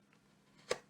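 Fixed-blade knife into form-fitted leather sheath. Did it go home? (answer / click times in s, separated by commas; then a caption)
yes / 0.7 s. A fixed-blade Morakniv Garberg knife is re-inserted into its molded, form-fitted leather sheath against a quiet background with a low steady hum. A faint tick comes at 0.1 s, then a sharp, bright click at 0.7 s as the knife snaps into place and seats in the sheath.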